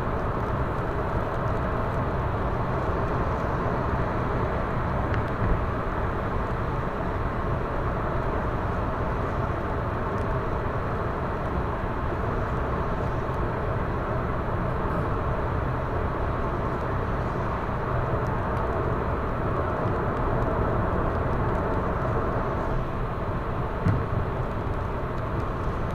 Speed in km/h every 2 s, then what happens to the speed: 116, 116, 116, 116, 116, 116, 116, 116, 115, 116, 115, 115, 116.
0-26 steady at about 116.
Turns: none.